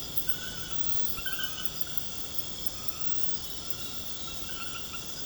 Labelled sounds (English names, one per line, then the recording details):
none
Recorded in pastures near Puerto Asís, Putumayo, Colombia, on 12 March 2025 at 23:00
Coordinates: 0.472, -76.329
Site G074